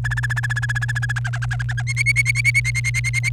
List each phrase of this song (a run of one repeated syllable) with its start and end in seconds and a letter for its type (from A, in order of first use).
0.04-1.12 A, 1.16-1.82 B, 1.87-3.29 C